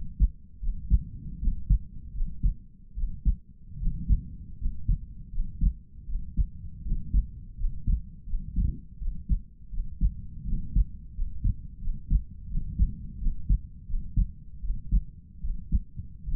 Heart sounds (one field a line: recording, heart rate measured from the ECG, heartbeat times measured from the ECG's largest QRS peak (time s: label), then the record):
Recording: heart sounds by stethoscope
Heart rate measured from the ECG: 81 bpm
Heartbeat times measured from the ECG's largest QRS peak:
0.60 s: heartbeat
1.40 s: heartbeat
2.13 s: heartbeat
2.95 s: heartbeat
3.78 s: heartbeat
4.58 s: heartbeat
5.30 s: heartbeat
6.06 s: heartbeat
6.83 s: heartbeat
7.57 s: heartbeat
8.25 s: heartbeat
8.99 s: heartbeat
9.70 s: heartbeat
10.45 s: heartbeat
11.14 s: heartbeat
11.80 s: heartbeat
12.48 s: heartbeat
13.19 s: heartbeat
13.86 s: heartbeat
14.61 s: heartbeat
15.41 s: heartbeat
16.25 s: heartbeat
From the record:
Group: healthy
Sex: male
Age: 22 years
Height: 181 cm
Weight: 60 kg